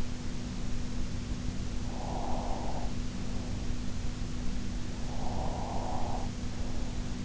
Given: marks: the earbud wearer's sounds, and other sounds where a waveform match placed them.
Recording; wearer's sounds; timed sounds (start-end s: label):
sounds in sleep by an in-ear microphone; breath
1.85-4.05 s: breath
5.03-7.25 s: breath